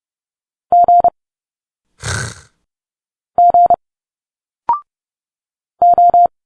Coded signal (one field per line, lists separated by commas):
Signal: Morse code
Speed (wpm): 30 wpm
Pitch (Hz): 700 Hz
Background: none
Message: G G O